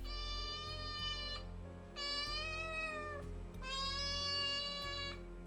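A cat in the main house meows loudly three times, long drawn-out yowls with a rich harmonic, wavering pitch that sags at the end of each call, with no one talking.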